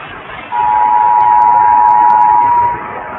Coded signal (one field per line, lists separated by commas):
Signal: Emergency Alert System (SAME) tones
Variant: 853 and 960 Hz attention tone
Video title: Emergency Alert System EAS Required Monthly Test Wisconsin Statewide WCCO-AM (April 2020)